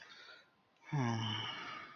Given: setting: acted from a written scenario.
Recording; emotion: vocal sound without words; romantic love